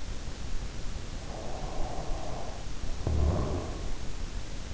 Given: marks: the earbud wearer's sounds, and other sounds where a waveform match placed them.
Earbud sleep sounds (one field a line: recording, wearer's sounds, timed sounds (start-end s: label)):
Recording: sounds in sleep by an in-ear microphone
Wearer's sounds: snoring breath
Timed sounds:
1.07-4.23 s: snoring breath